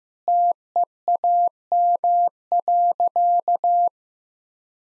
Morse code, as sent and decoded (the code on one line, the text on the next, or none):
- . .- -- .-.-.-
TEAM.